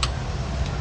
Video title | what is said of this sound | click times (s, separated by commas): PINAKAMURA AT ABOT KAYANG MGA POWER TOOLS AT HARDWARE TOOLS SA RAON - VENTINO HARDWARE TOOLS TRADING | pag nag-lock na po siya | 0.0 s